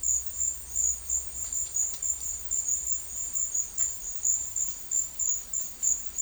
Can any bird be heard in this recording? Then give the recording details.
no. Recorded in secondary vegetation near Puerto Asís, Putumayo, Colombia, on 19 March 2025 at 12:00. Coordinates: 0.499, -76.323. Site G094